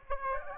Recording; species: mosquito wingbeat signal from an infrared sensor; Aedes aegypti